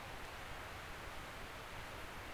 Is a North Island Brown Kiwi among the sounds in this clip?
no